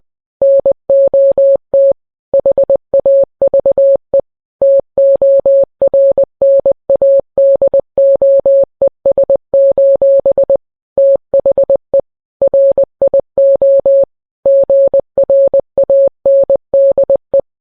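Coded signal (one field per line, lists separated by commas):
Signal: Morse code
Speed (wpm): 20 wpm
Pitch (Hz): 550 Hz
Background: none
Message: NOT HAVE TORNADOES: THE RIO GRANDE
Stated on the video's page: Fictional, not-real EAS tornado warning sent in Morse code.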